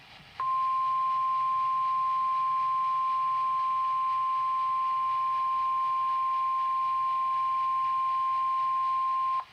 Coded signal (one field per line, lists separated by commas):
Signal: Emergency Alert System (SAME) tones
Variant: 1050 Hz attention tone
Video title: [EAS #235-236 | Double-Header] WS Orlena | 2 Winter Storm Warnings (KWO35)